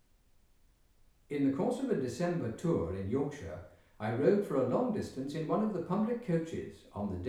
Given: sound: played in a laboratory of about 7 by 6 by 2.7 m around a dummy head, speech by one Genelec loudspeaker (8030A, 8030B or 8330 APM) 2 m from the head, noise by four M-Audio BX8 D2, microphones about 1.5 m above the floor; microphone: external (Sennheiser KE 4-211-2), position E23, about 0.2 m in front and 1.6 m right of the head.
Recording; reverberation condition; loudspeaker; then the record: male speech in English; medium; 150 degrees to the right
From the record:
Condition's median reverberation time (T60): about 510 ms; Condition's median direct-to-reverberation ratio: about -0.5 dB